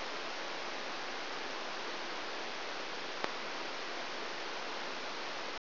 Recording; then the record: brain microelectrode recording played as sound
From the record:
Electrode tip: outside the subthalamic nucleus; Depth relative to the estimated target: 3.5 mm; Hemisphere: left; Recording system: AlphaMap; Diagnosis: Parkinson's disease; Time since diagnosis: 13 years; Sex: male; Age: 63 years